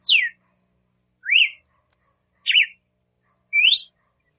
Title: Canto Galo Campina Fêmea 01. Fêmea de Galo de Campina Cantando para Foguear o Macho